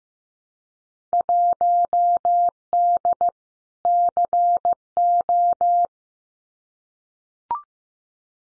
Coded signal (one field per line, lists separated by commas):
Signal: Morse code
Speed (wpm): 15 wpm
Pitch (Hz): 700 Hz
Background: none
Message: 1D CO